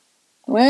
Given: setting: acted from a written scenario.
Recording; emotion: vocal sound without words; embarrassment